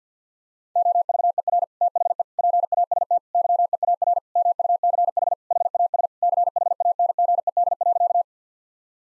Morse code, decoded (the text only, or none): OVER THE PAST YEAR MUCH HAS CHANGED.